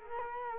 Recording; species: mosquito wingbeat signal from an infrared sensor; Culex quinquefasciatus